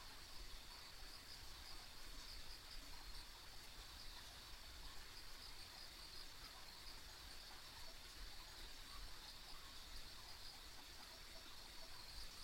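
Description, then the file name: Insects keep up an unbroken high chirring chorus with brief bright chirps, beneath it a gentle rushing hiss. Ambient insect sounds along a rural country road. "田舎道の虫の環境音"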